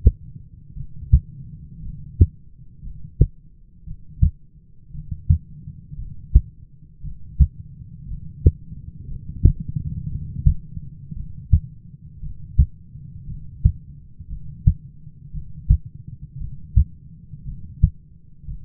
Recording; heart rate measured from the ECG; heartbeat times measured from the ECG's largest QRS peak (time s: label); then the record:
heart sounds by stethoscope; 58 bpm
0.75 s: heartbeat
1.81 s: heartbeat
2.82 s: heartbeat
3.85 s: heartbeat
4.93 s: heartbeat
5.97 s: heartbeat
7.02 s: heartbeat
8.07 s: heartbeat
9.06 s: heartbeat
10.09 s: heartbeat
11.15 s: heartbeat
12.21 s: heartbeat
13.26 s: heartbeat
14.28 s: heartbeat
15.32 s: heartbeat
16.39 s: heartbeat
17.44 s: heartbeat
18.46 s: heartbeat
From the record:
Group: heart failure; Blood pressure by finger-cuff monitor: 102/59 mmHg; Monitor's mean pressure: 71 mmHg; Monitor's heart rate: 57 bpm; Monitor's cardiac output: 6.5 L/min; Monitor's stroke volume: 114 mL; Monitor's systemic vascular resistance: 790 dyn s/cm5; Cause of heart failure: dilated cardiomyopathy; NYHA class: 2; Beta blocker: bisoprolol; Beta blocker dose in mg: 10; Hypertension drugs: sacubitril-valsartan, spironolactone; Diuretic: furosemide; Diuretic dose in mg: 40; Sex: male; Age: 29 years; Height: 174 cm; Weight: 92 kg